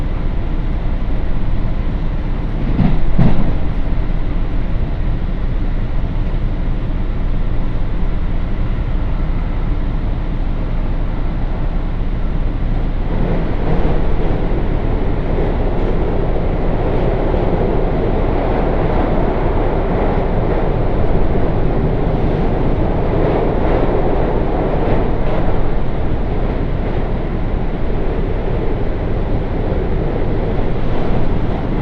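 A ride aboard a train on the Tokaido Main Line, with a steady low rumble of the moving carriage throughout. A brief louder clatter comes around three seconds in, and from about thirteen seconds the running noise grows fuller and busier in the middle range.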